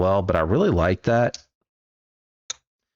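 Someone talks for the first second and a half, then after a pause the blade of a shorter slipjoint pocket knife snaps into place against the backspring in its handle with a single sharp click at 2.5 s. The blade is seated with good snap but less force than a longer knife, because the shorter spring has less strength.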